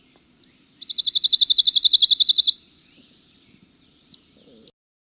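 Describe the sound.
Pine warbler song: one steady, rapid musical trill of even notes lasting almost two seconds. A thin high whine continues underneath, with a couple of brief ticks afterward.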